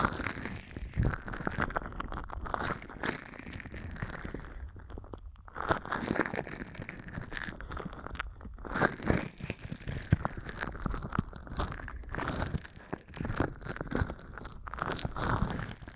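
ASMR ear massage: dense, crackly rubbing and crinkling that carries on almost without a break, with brief lulls around five and eight and a half seconds. The scratchy strokes rise and fall in waves, swelling into louder, crunchier bursts toward the end.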